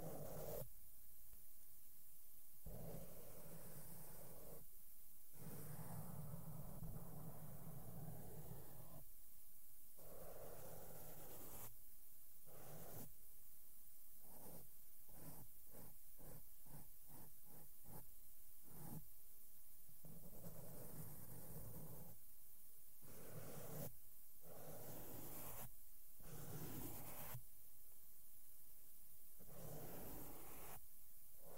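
Soft makeup brushes sweep over a microphone, making a steady, low, muffled rustle with a faint hum underneath. Brief bright scratchy strokes cut through regularly, coming in a rapid run of quick taps between about 14 and 20 seconds, then spacing out again.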